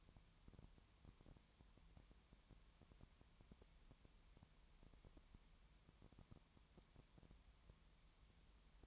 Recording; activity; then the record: daily activity, microphone in the room; no activity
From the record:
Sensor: 3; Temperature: 20.5 degrees Celsius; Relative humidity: 32.9%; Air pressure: 1003.2 hPa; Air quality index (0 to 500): 106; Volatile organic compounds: 2 ppm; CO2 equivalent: 1072 ppm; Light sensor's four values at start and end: 2/3/2/2 and 2/3/2/2